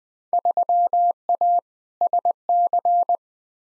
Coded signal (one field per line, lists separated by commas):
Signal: Morse code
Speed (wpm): 20 wpm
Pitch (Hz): 700 Hz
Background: none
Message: 3A SC